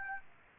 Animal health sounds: mosquito wingbeat signal from an infrared sensor; Aedes aegypti

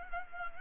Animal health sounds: mosquito wingbeat signal from an infrared sensor; Culex pipiens

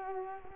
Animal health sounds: mosquito wingbeat signal from an infrared sensor; Culex quinquefasciatus

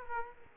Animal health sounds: mosquito wingbeat signal from an infrared sensor; Aedes aegypti

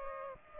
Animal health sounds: mosquito wingbeat signal from an infrared sensor; Aedes aegypti

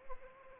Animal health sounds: mosquito wingbeat signal from an infrared sensor; Anopheles arabiensis

